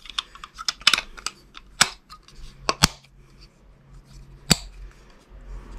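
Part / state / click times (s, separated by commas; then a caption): plastic cover clipped onto an electric scooter controller board / seated / 0.9 s, 1.8 s, 2.7 s, 4.5 s. After swapping to the correct one, a plastic cover is pressed onto the replacement controller board of a Xiaomi M365 / Pro / 1S / Essential electric scooter, where it presses on the MOSFETs so they make contact and cool properly. Its clips snap in one after another with sharp clicks at 0.9, 1.8, 2.7 and 4.5 seconds, among lighter taps and handling noise. The cover ends up fully clipped and seated.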